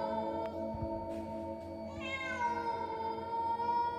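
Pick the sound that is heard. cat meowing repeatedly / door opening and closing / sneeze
cat meowing repeatedly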